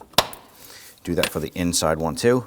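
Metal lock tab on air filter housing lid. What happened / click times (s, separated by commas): The metal lock tab snapped shut on the cover / 0.2 s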